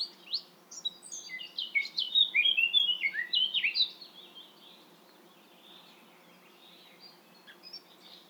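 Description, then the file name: Eurasian blackcap song: four seconds of busy, liquid warbling with quick rising and falling whistles, fading to near quiet with a few faint notes. "Sylvia atricapilla"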